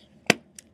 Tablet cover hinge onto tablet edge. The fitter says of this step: make sure it's the gray side up and you hear that little click